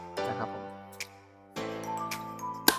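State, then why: Seated. With music playing in the background, the second side snap of a polycarbonate front visor is pressed onto the stud of a 3-snap open-face helmet. A faint tick is heard at 1.0 s, then a loud, short snap at 2.7 s as the snap presses into its lock and is seated.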